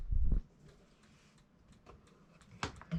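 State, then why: Seated. An RV freezer door is closed and pushed against the fridge body until its latch catches. A low thud opens the clip, followed by quiet faint ticks, then a sharp latch click at 2.6 s and a final thump just before the end. The freezer door latch clicks shut and is seated.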